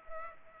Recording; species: mosquito wingbeat signal from an infrared sensor; Culex pipiens